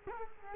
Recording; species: mosquito wingbeat signal from an infrared sensor; Culex quinquefasciatus